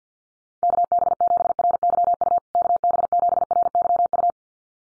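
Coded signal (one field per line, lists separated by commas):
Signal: Morse code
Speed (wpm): 49 wpm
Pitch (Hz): 700 Hz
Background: none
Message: KB7RYU KB7RYU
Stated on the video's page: Call sign head-copy drill at 50 wpm, each call sign sent twice in Morse, then spoken, then sent again.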